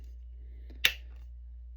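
An arrow's plastic nock sits on the small crossbar inside a fletching jig clamp, and the arrow is turned to its indexed position. Over a steady low hum, a faint tick at 0.7 s is followed by one sharp, bright click at 0.9 s, then quiet. The nock is seated and has clicked into place in the jig.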